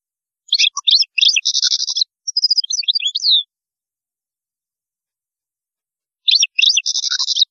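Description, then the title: European goldfinch song: a rapid twittering phrase of high chirps with a dense buzzy stretch, a pause of about three seconds, then a similar phrase begins. "Chant Chardonneret"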